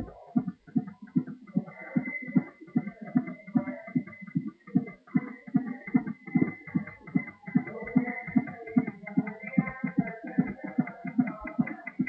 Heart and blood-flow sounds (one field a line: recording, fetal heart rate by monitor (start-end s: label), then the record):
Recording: fetal heart sounds by stethoscope on the mother's abdomen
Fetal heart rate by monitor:
0.00-10.00 s: 156 bpm
From the record:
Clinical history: preterm rupture of membranes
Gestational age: 26 weeks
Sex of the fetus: boy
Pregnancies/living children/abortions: 1/0/0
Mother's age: 22 years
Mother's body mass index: 21.5